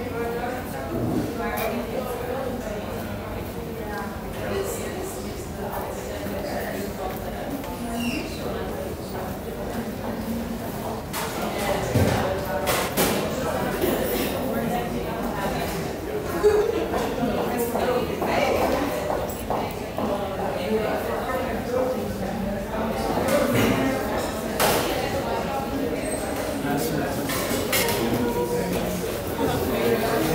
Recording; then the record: background sound without coughing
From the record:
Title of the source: 40 min - Ambience sounds UNIVERSITY lunchroom chatting